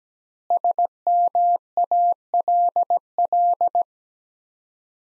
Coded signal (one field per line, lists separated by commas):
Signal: Morse code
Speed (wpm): 17 wpm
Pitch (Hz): 700 Hz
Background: none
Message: SMALL